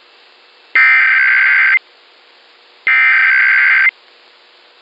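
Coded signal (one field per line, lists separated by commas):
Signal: Emergency Alert System (SAME) tones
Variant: header bursts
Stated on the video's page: National EAS test as aired by Minneapolis/St. Paul radio and TV stations.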